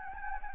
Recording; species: mosquito wingbeat signal from an infrared sensor; Anopheles gambiae